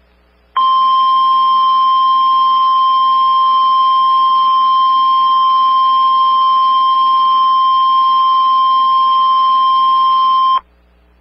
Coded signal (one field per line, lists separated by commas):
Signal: Emergency Alert System (SAME) tones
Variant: 1050 Hz attention tone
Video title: EAS Emulation 7-24-09